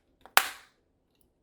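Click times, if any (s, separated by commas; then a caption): 0.4 s. A VR Rock replacement lens is pressed back into the frame of a pair of Ray-Ban Meta smart sunglasses. A couple of faint ticks come first, then a loud, sharp snap at 0.4 s that fades quickly, followed by a faint tick near 1.2 s. The lens seats into the frame with a satisfying click.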